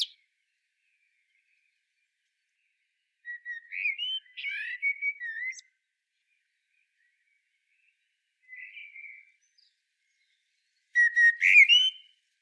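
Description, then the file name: Common blackbird singing separate phrases of mellow whistles, some ending in a brief thin twitter; three phrases with long silent gaps between them. "Turdus merula"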